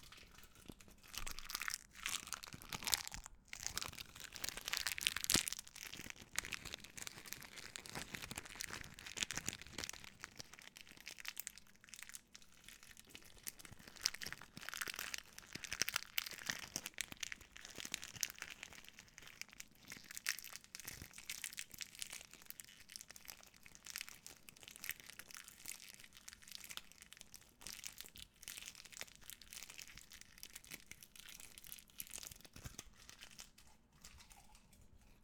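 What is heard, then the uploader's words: Wrappers rustle and crinkle, a dense crackle of quick, bright crunches that never fully stops. The handling is busiest and loudest in the first fifteen seconds, then settles into a softer, sparser crinkling with occasional sharper crunches. Crunchy Wrapper. Immerse yourself in the gentle rustle and crinkle of wrappers.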